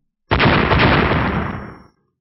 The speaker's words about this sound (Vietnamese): Một tiếng nổ mạnh kinh thiên động địa, không gian xung quanh vỡ vụn toàn bộ.